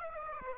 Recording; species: mosquito wingbeat signal from an infrared sensor; Aedes aegypti